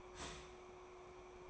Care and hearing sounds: daily activity, microphone in the room; start toaster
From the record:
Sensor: 1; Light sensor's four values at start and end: 5/13/4/5 and 5/13/4/5

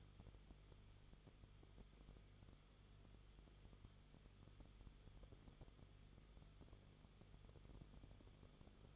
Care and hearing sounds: daily activity, microphone in the room; no activity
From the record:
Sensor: 4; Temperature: 22.9 degrees Celsius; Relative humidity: 34.5%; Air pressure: 1011.5 hPa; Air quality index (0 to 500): 193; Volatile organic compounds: 13 ppm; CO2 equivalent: 2389 ppm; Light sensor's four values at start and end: 2/3/1/1 and 2/3/1/1

